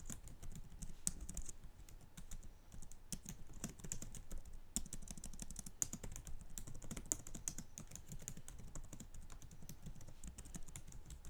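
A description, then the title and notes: Someone types homework on a computer keyboard, a dense, steady run of quick key clicks that barely pauses over the eleven seconds. Sharper, louder taps stand out now and then, likely the space bar or bigger keys, over a faint low hum. Typing homework.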